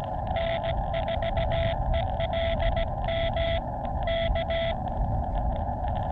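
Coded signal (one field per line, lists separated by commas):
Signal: Morse code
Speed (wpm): 17 wpm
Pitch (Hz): 670 Hz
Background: none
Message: N4ELM K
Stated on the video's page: Morse from a Summits on the Air portable activation using a Xiegu X6100 transceiver and a Morse pocket double paddle.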